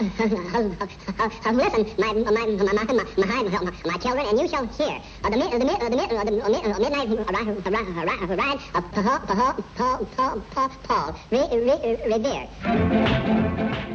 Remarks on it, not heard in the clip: He's like a school kid, fat, self-conscious, with a stutter. A recitation by our little friend, Porky Pig. That's almost uncomfortable to listen to. It sounds like a real stutter. Yeah, absolutely. In fact, it was.